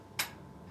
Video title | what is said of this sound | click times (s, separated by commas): The Solo Office Task Chair | height adjustable on a ratchet all the way up you can hear it clicking all the way down | 0.2 s